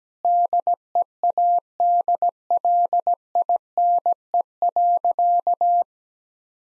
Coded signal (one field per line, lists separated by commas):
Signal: Morse code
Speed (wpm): 17 wpm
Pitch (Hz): 700 Hz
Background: none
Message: DEADLINE.